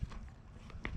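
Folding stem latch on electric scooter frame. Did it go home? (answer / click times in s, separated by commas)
no / none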